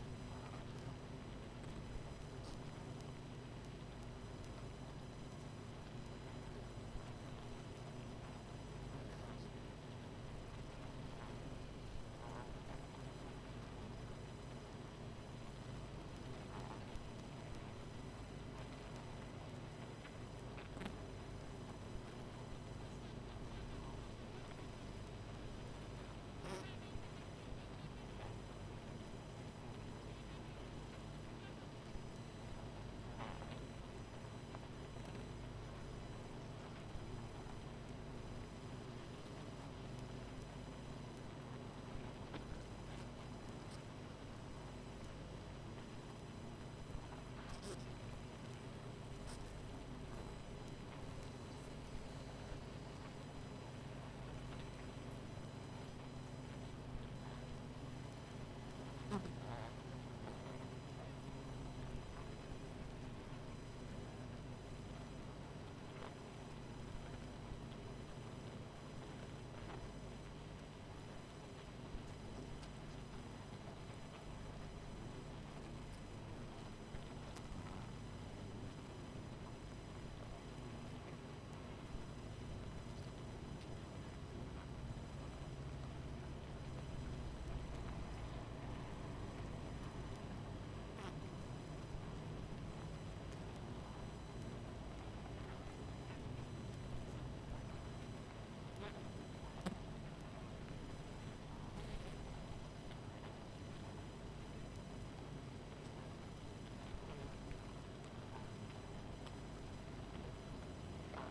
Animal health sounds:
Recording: honeybee colony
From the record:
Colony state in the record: missing queen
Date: 14 July 2017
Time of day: 21:51

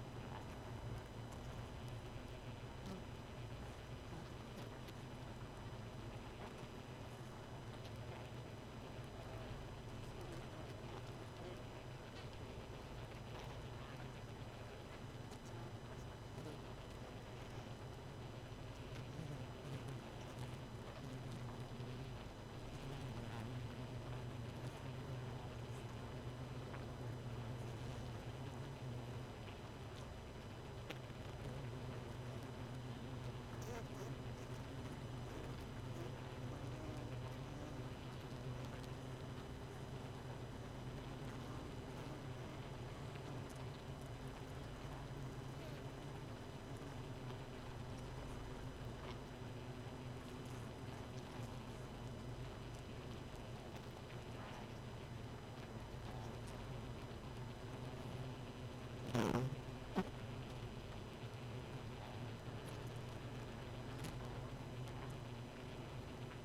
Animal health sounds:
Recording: honeybee colony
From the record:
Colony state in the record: missing queen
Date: 31 May 2018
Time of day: 1:27

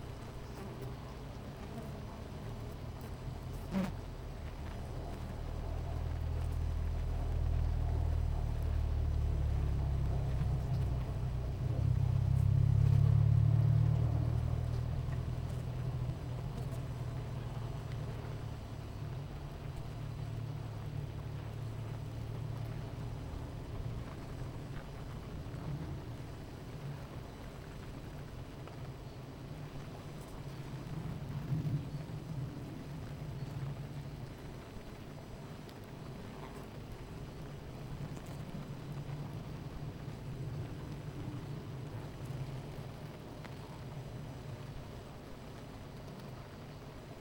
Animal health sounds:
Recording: honeybee colony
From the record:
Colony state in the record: missing queen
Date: 14 July 2017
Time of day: 9:34

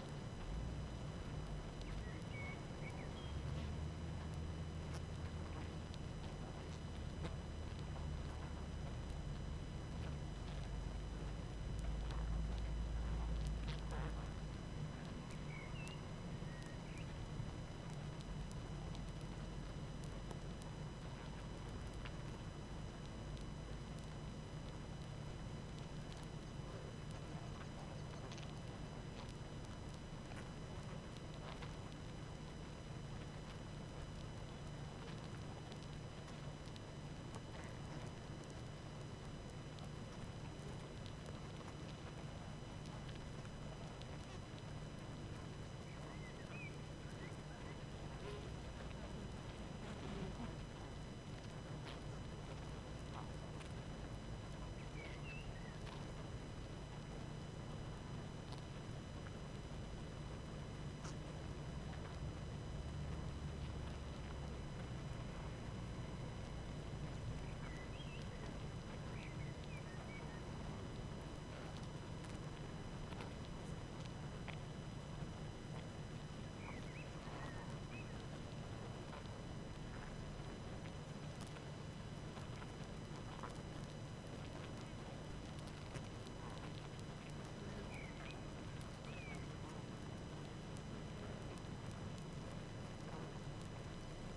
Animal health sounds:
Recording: honeybee colony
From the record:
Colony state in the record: active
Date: 12 June 2018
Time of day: 18:51

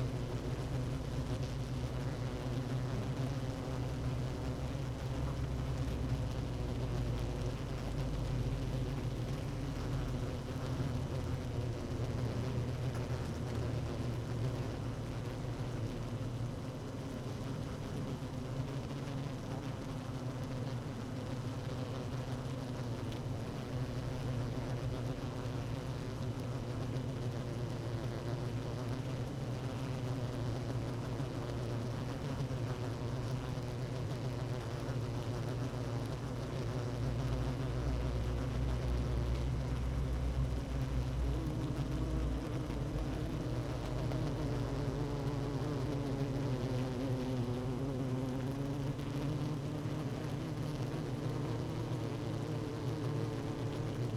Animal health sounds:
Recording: honeybee colony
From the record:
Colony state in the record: active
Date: 12 June 2018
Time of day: 16:48

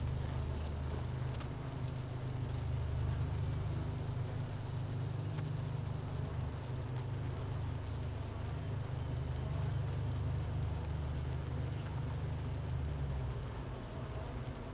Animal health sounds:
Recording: honeybee colony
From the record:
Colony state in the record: missing queen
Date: 31 May 2018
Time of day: 10:07

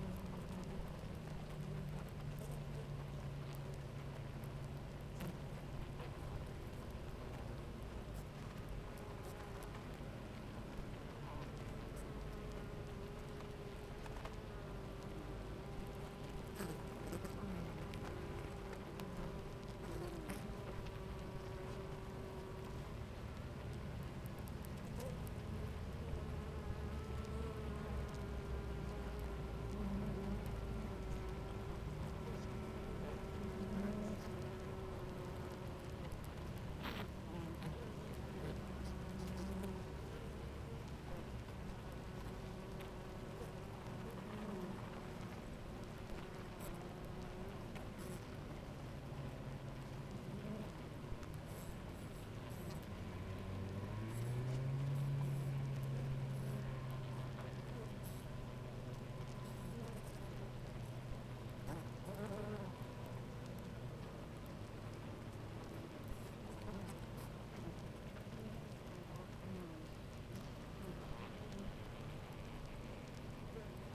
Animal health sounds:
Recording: honeybee colony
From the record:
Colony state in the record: active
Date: 28 July 2017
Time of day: 9:22

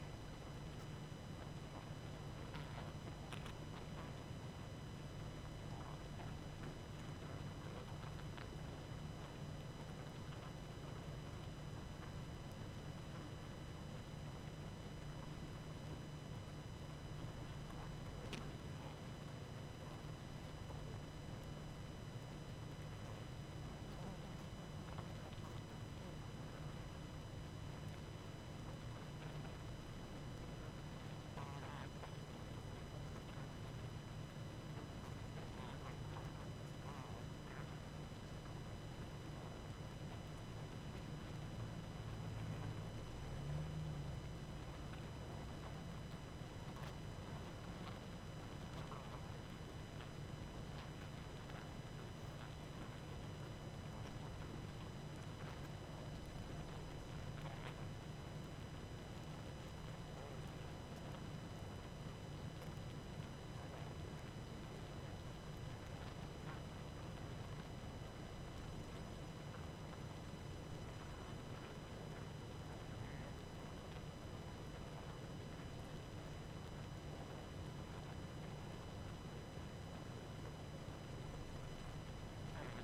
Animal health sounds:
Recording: honeybee colony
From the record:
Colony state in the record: active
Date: 12 June 2018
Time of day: 21:25

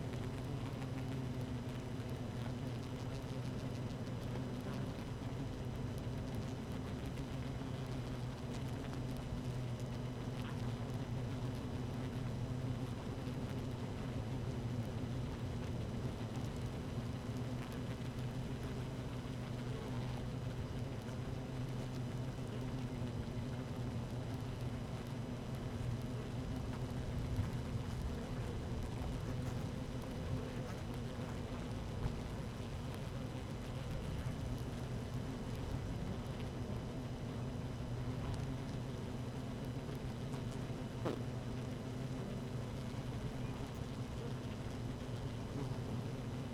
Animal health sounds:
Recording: honeybee colony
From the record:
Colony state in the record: active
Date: 12 June 2018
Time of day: 13:45

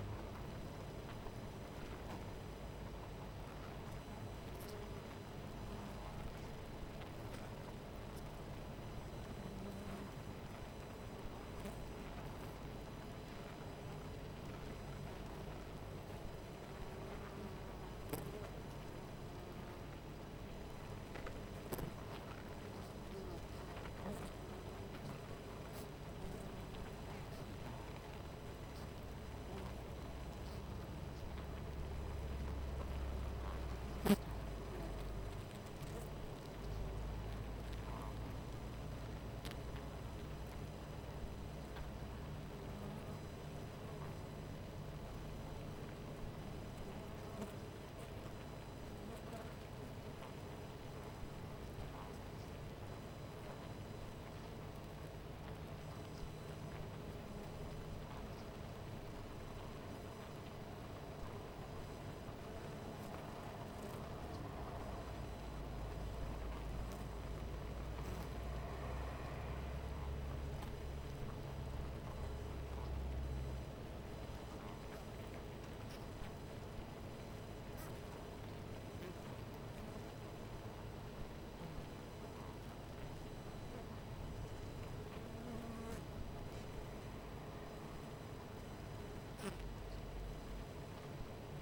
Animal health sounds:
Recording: honeybee colony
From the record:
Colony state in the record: missing queen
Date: 14 July 2017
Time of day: 12:36

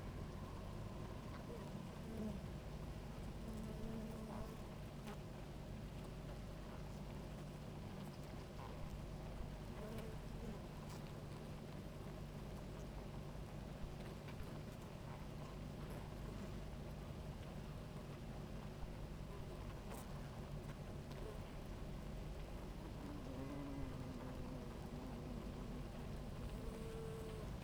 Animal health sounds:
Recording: honeybee colony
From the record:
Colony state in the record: active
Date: 28 July 2017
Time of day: 17:29

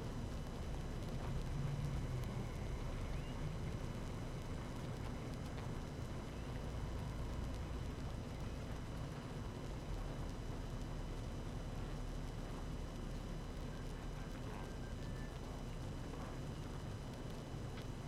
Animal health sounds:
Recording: honeybee colony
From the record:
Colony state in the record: active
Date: 12 June 2018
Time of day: 17:39

